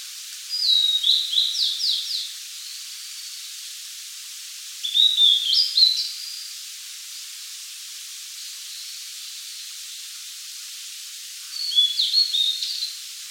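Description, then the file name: Blue-and-white flycatcher song: three short, high whistled phrases with quick warbled notes, separated by pauses. "Cyanoptila cyanomelana"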